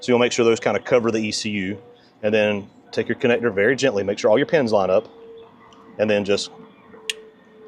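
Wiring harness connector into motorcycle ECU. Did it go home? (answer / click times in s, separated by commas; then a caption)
yes / 7.1 s. Someone talks while fitting a 550 Performance "Stock Improved" ECU into a Honda CRF300L motorcycle, with the rubber holder's wings covering the ECU, then gently pushes the plastic wiring harness connector onto it after lining up the pins. A single sharp click sounds at 7.1 s as the connector seats in the ECU, a satisfying click.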